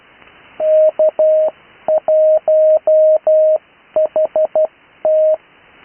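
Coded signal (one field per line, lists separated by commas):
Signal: Morse code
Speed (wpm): 12 wpm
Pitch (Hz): 620 Hz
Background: none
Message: K1HT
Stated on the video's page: Live 80m CW used for learning Morse on HF, with speed increase.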